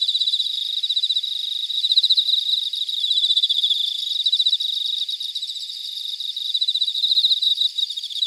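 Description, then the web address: Cicadas in a steady, piercing buzz with rhythmic rising surges of pulsed notes; the chorus stays high-pitched throughout. Cicadas in Weinan, China. "Sound Scapes China Cicadas Weinan"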